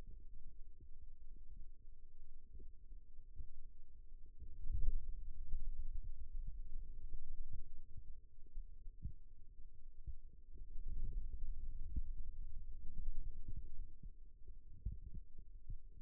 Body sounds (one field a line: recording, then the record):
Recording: forearm muscle sounds (acoustic myography)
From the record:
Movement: radial deviation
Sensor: system 2, bracelet of six BSWA MPA416 microphones around the upper forearm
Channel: 3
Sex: male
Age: 22 years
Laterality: right